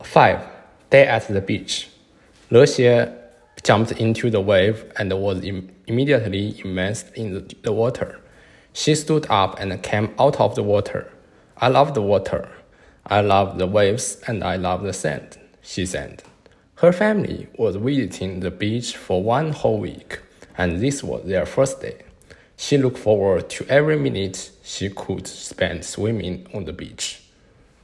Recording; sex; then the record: reading aloud after running; male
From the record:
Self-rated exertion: light exertion (2 of 6); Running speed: 7 miles an hour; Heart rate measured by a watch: 115 beats a minute at the start, 116 at the end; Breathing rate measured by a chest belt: 19 breaths a minute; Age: 25 years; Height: 174 cm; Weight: 71 kg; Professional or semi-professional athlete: no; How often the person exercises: 3 to 5 times a week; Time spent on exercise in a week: 2 to 3 hours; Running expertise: no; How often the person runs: 1 to 2 times a week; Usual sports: running, swimming, badminton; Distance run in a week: 8 km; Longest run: 10 km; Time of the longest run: 48 minutes